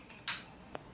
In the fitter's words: Klik langsung seperti itu guys kemudian